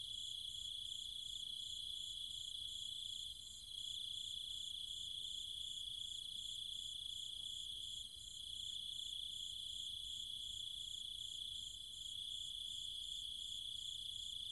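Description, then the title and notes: Cicada sound: an unbroken high-pitched electric buzz with a throbbing upper pulse near four per second, briefly dipping a few times. Recorded at night in trees and fields of the countryside around Chiang Mai, Thailand, with other insects calling alongside the cicadas. "Cicada countryside, Thailand. Nighttime sounds of the cicadas and insects in the trees and fields, Chiang Mai, Thailand. Recorded by Alex Boyesen"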